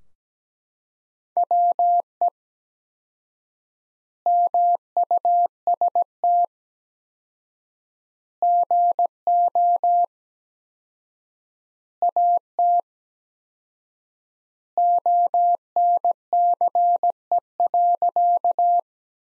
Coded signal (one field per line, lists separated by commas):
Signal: Morse code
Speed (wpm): 17 wpm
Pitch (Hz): 700 Hz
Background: none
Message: WE MUST GO AT ONCE.